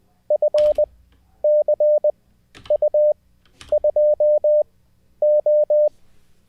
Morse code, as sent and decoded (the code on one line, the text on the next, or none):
..-. -.-. ..- ..--- ---
FCU2O